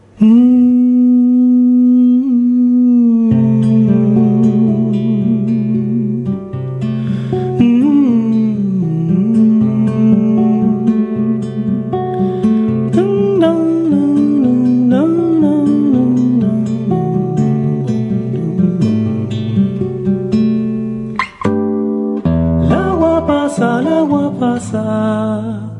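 A song plays steadily and loudly, with sustained melodic tones over a low bass line, a brief dip around two-thirds through, then the tune resumes with sharper, plucked accents.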